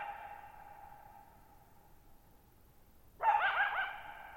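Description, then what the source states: Coyote bark fading in a long echo, then a fresh harsh bark with a wavering tail. Lone coyote, night of July 14, 2019, Thirtymile Meadows, Okanogan National Forest, Pacific Northwest, 6400 ft; shallow-bowl meadow on dry high plateau, boggy ground, very low noise.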